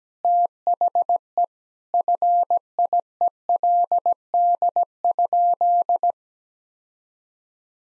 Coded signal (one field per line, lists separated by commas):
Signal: Morse code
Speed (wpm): 17 wpm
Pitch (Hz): 700 Hz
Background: none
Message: THE FIELD?